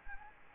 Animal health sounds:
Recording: mosquito wingbeat signal from an infrared sensor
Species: Anopheles gambiae

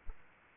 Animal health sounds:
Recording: mosquito wingbeat signal from an infrared sensor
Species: Anopheles arabiensis

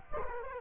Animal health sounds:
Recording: mosquito wingbeat signal from an infrared sensor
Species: Culex quinquefasciatus

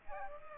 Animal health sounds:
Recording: mosquito wingbeat signal from an infrared sensor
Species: Aedes aegypti

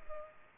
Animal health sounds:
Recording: mosquito wingbeat signal from an infrared sensor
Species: Culex pipiens

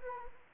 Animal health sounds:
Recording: mosquito wingbeat signal from an infrared sensor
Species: Anopheles arabiensis

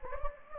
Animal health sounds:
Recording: mosquito wingbeat signal from an infrared sensor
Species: Anopheles gambiae

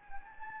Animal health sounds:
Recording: mosquito wingbeat signal from an infrared sensor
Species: Anopheles gambiae

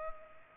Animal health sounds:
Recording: mosquito wingbeat signal from an infrared sensor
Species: Culex pipiens

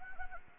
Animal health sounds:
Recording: mosquito wingbeat signal from an infrared sensor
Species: Anopheles gambiae

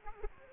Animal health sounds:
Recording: mosquito wingbeat signal from an infrared sensor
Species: Aedes aegypti

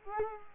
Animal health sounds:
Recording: mosquito wingbeat signal from an infrared sensor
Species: Culex quinquefasciatus

